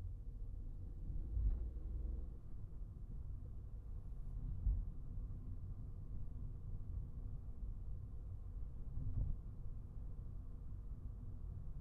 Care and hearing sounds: everyday scene through a hearing-aid microphone; in a vehicle; engine, highway traffic jam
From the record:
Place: Skoda Fabia, gasoline engine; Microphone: behind the ear, right, rear

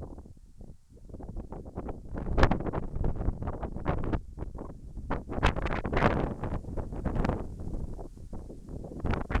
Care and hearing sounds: everyday scene through a hearing-aid microphone; wind on the microphone; wind, whistling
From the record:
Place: in front of a rural house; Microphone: behind the ear, right, rear

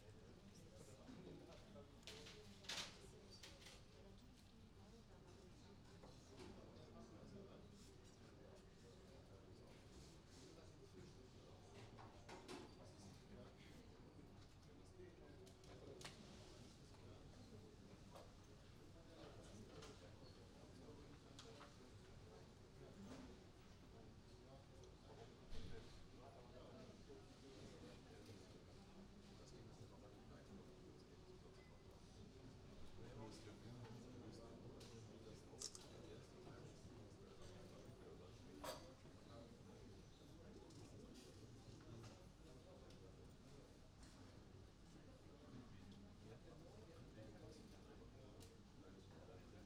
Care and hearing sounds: everyday scene through a hearing-aid microphone; many people talking; many voices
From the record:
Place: university cafeteria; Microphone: in the ear canal, right

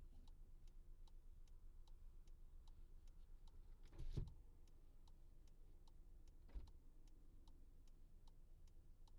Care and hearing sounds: everyday scene through a hearing-aid microphone; in a vehicle; engine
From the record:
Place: Skoda Fabia, gasoline engine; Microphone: in the ear canal, left

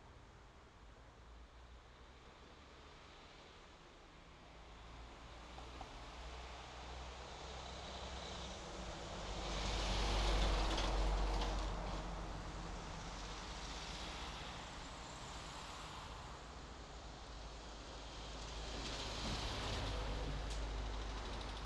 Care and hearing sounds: everyday scene through a hearing-aid microphone; in traffic; traffic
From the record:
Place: main road on the outskirts, rush hour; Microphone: in the ear canal, left

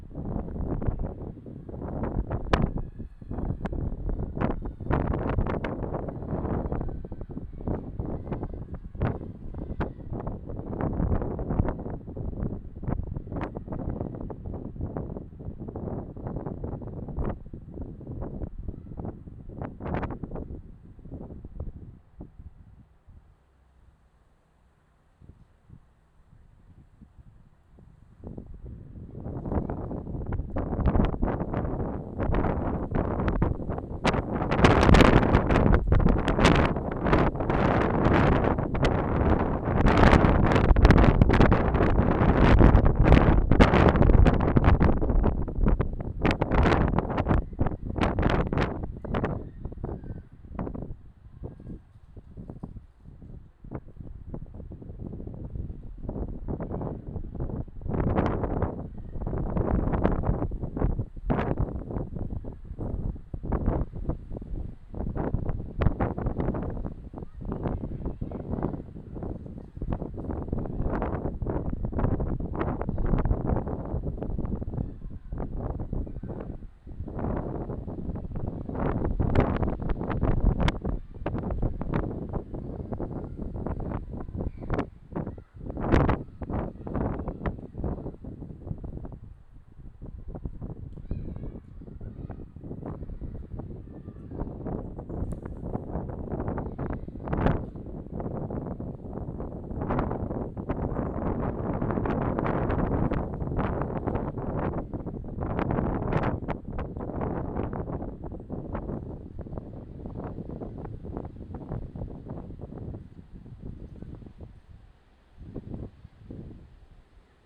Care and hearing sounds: everyday scene through a hearing-aid microphone; wind on the microphone; squally wind, voices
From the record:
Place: parking lot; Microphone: in the ear canal, left

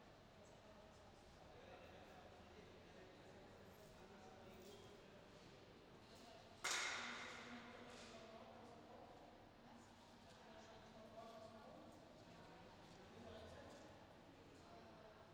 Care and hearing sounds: everyday scene through a hearing-aid microphone; reverberant space; background noise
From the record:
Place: railway station hall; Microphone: in the ear canal, left

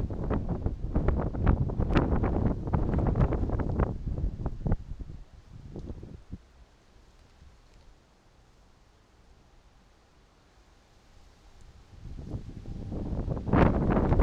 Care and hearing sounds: everyday scene through a hearing-aid microphone; wind on the microphone; squally wind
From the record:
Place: parking lot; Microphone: in the ear canal, right

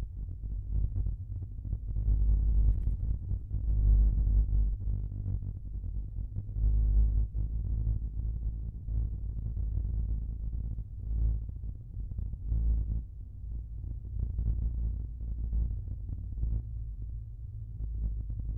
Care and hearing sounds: everyday scene through a hearing-aid microphone; in a vehicle; engine, rumble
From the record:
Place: Skoda Fabia, gasoline engine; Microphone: behind the ear, left, rear

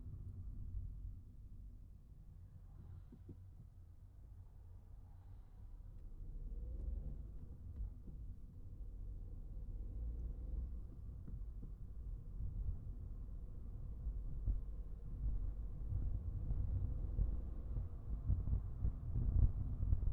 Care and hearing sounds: everyday scene through a hearing-aid microphone; in a vehicle; engine, traffic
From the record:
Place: Skoda Fabia, gasoline engine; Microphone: behind the ear, right, rear

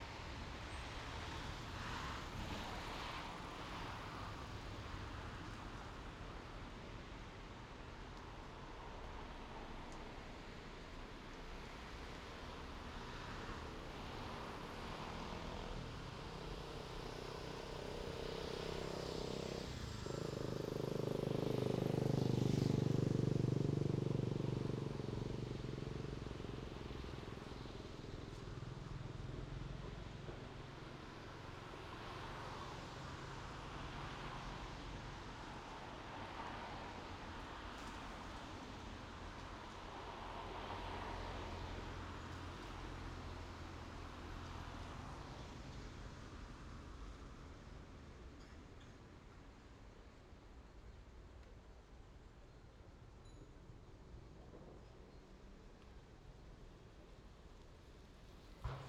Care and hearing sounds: everyday scene through a hearing-aid microphone; in traffic; traffic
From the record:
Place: main road on the outskirts, rush hour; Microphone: in the ear canal, left

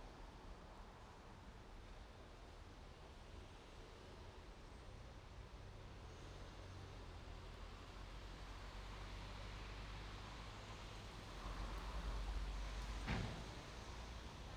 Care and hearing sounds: everyday scene through a hearing-aid microphone; in traffic; traffic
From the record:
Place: main road on the outskirts, rush hour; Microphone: in the ear canal, right

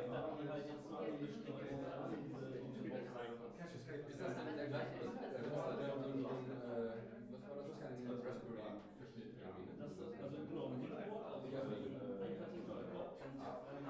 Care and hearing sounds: everyday scene through a hearing-aid microphone; many people talking; many voices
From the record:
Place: bistro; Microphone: behind the ear, right, rear

